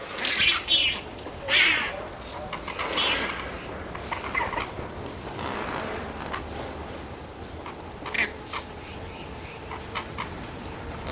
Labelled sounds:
Lesser Flamingo (Phoeniconaias minor) call

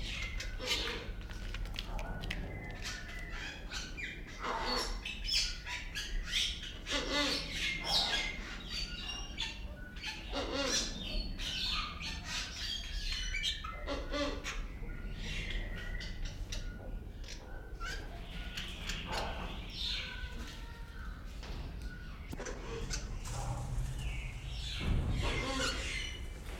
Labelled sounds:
Bali Myna (Leucopsar rothschildi)

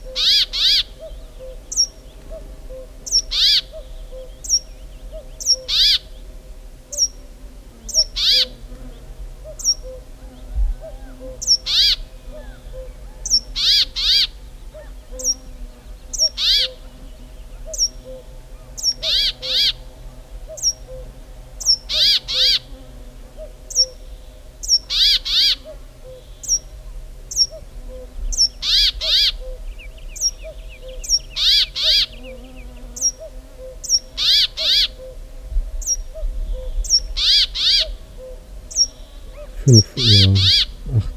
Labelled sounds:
Brambling (Fringilla montifringilla) call

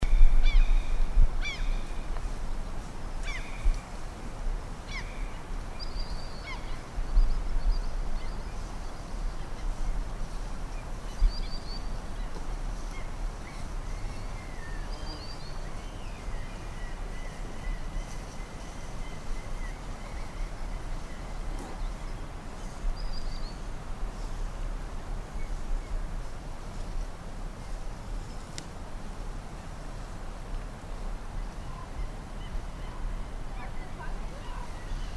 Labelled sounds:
Common Sandpiper (Actitis hypoleucos) call

